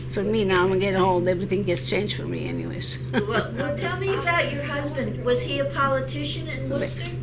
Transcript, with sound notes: For me now when I get old, everything gets changed for me anyways. (she laughs)
Well, tell me about your husband. Was he a politician in Worcester?